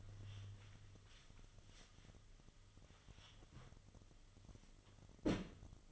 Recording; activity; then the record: daily activity, microphone in the room; wipe stove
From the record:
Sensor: 4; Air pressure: 1005.7 hPa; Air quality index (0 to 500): 102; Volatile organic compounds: 2 ppm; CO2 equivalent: 1266 ppm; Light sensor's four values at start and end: 12/28/11/11 and 11/25/10/10